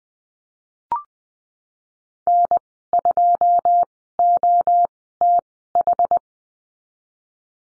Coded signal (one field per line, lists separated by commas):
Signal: Morse code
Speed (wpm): 20 wpm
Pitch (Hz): 700 Hz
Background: none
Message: N2OTH